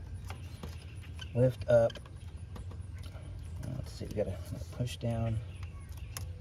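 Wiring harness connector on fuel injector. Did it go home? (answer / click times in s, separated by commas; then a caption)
released / 6.2 s. Someone talks while working on the wiring harness connector on a fuel injector of a 2009 Lincoln MKS 3.7, with faint small clicks and rattles in the background. The tab on the injector electrical connector is pushed in and clicks open at 6.2 s, releasing the connector so the plug can be pulled straight up.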